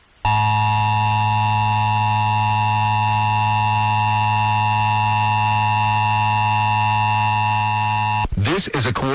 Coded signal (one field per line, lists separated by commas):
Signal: Emergency Alert System (SAME) tones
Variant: 853 and 960 Hz attention tone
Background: speech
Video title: (SSTEAS reupload) 10 ½ Years on Youtube Top 10 EAS Required Monthly Tests